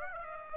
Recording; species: mosquito wingbeat signal from an infrared sensor; Aedes aegypti